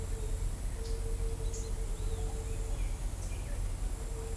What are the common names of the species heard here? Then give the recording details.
none. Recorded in shrubland near Pivijay, Magdalena, Colombia, on 2 June 2023 at 09:30. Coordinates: 10.453, -74.365. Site P5-G022